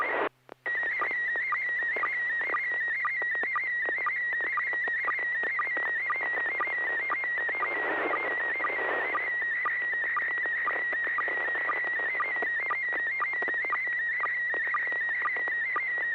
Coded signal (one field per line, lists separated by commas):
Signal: SSTV (slow-scan television)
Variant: PD 120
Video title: N6NA SSTV Net - 04/01/2026